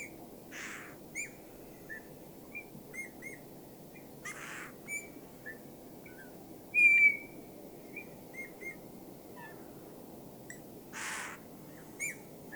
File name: Pyrrhula pyrrhula